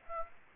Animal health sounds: mosquito wingbeat signal from an infrared sensor; Aedes aegypti

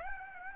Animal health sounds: mosquito wingbeat signal from an infrared sensor; Aedes aegypti

